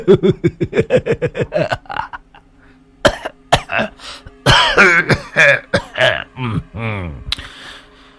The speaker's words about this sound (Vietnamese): Dạo này sức khỏe không tốt, cớ làm sao mà hay ho thế.